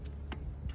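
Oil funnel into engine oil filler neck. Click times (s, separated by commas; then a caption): 0.3 s. A plastic oil funnel is attached to the engine oil filler neck of a 2023 Volvo XC90 and locks into place with a sharp click at 0.3 s. A fainter tick follows at 0.7 s over a low steady hum. The funnel is seated in the filler opening.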